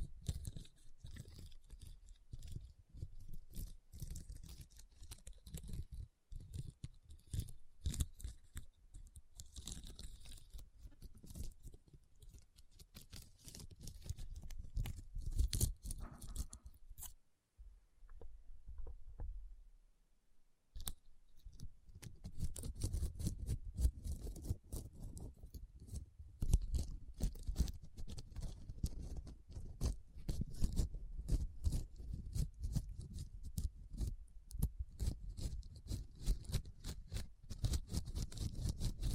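Rhinestones being tapped and scratched in dense, rapid clicks with low rumbling scrapes, pausing briefly around eighteen seconds before resuming more intensely.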